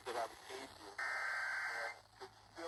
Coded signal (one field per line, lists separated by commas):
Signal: Emergency Alert System (SAME) tones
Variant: header bursts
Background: speech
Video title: EAS: Kentucky RMT on WHOP-FM 98.7 (December 2023)